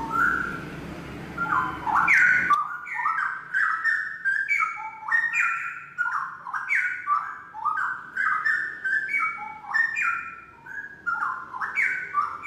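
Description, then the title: Oriental magpie-robin singing nonstop in sweet whistled phrases that rise, fall and repeat in short bursts, with low background noise over the first two seconds or so. "Kicau Kacer"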